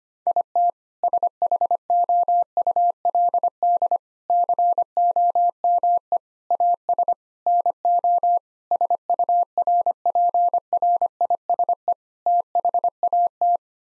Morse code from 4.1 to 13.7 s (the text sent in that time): COME AS NO SURPRISE THAT